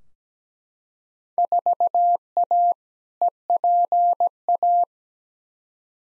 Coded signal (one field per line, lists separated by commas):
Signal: Morse code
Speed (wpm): 17 wpm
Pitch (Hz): 700 Hz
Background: none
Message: 4A EPA